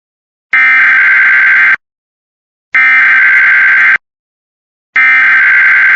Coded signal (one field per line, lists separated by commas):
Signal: Emergency Alert System (SAME) tones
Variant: header bursts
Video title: Los Angeles AMBER ALERT for an endangered 3 year old (SUSPECT ARMED AND DANGEROUS) EAS #50